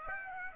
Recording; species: mosquito wingbeat signal from an infrared sensor; Aedes aegypti